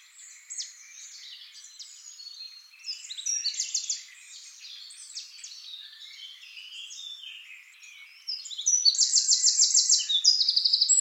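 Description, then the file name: Eurasian wren song: a soft, rambling twitter, a brief louder trill after a few seconds, then loud, fast, high metallic trills toward the end. "Troglodytes troglodytes"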